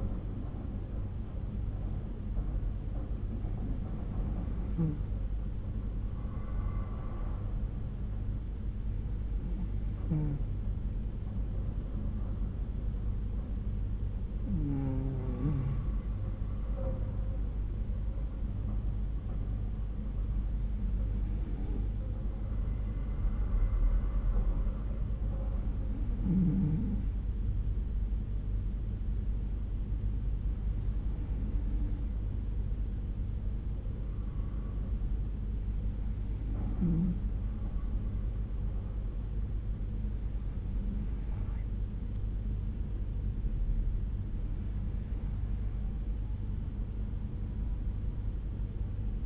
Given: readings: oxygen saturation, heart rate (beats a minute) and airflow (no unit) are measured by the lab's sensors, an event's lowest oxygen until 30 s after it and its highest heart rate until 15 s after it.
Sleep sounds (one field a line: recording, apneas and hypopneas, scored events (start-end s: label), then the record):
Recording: breathing in sleep by a smartphone at the bedside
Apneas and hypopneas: 1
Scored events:
12.00-33.70 s: hypopnea (N2, oxygen 94% highest, then 92% lowest, heart rate 65 at the start, 72 highest)
22.00-49.26 s: new sleep stage, N1 (lightest sleep)
From the record:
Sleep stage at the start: N2 (light sleep)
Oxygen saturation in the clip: 92 to 94%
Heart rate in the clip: 62 to 72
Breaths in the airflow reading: 9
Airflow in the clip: -4.8 to 5.2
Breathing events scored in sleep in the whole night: 368 in 8.0 hours asleep